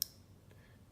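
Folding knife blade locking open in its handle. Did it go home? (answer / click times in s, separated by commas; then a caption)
yes / 0.0 s. The blade of a Hinderer MP-1 folding knife with a green/black G-10 handle swings open, its stop pin built into the tang riding in two grooves until the lock engages. A sharp click at 0.0 s marks the blade locking open, followed by a faint tick near 0.5 s over low background noise. The blade is locked into place.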